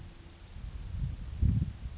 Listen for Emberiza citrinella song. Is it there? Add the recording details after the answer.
yes. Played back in forest. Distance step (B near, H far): G. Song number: 007